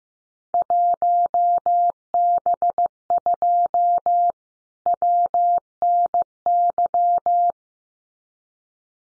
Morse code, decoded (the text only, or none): 1B2 WNY